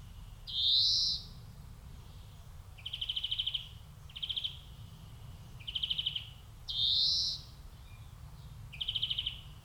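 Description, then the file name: European greenfinch giving drawn-out wheezy notes among fast rattling trill bursts, spaced a second or two apart, over low background rumble. "Chloris chloris"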